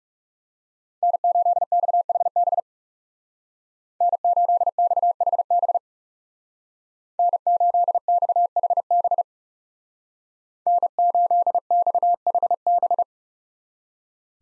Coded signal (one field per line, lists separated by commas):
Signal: Morse code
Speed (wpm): 36 wpm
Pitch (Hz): 700 Hz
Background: none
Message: N8XHB N8XHB N8XHB N8XHB